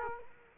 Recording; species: mosquito wingbeat signal from an infrared sensor; Culex quinquefasciatus